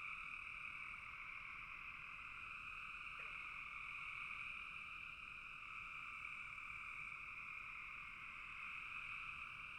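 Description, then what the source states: Frogs chorusing, a constant high droning trill throughout. Several frogs calling in a bog.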